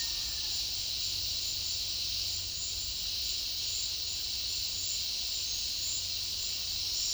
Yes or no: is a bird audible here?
no